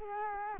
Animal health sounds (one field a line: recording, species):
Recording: mosquito wingbeat signal from an infrared sensor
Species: Culex quinquefasciatus